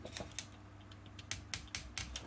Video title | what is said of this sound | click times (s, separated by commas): VFC AKS-74U Tactical Kit + QRS Selector – Installation and impressions | Click, click, click, click. | 0.4 s, 1.3 s, 1.5 s, 2.0 s